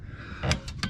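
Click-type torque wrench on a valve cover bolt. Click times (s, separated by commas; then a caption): 0.8 s. A click-type torque wrench set to 106 inch-pounds tightens a valve cover bolt on the 5.3L V8 of a 2011 GMC Sierra during an oil-loss repair. Low rumbling runs under brief metallic ticks near 0.5 and 0.7 seconds. The wrench clicks at its setting at 0.8 seconds.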